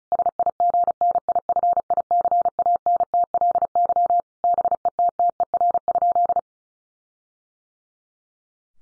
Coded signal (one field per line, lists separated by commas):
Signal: Morse code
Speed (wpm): 34 wpm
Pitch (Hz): 700 Hz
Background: none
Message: SIGNIFICANTLY BETTER?